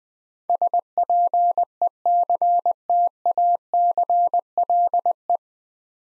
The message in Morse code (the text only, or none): SPECTACLE